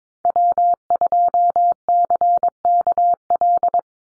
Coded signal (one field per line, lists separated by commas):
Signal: Morse code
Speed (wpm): 22 wpm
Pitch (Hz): 700 Hz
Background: none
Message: W2CKL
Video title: NA SOTA Activator Callsigns 22wpm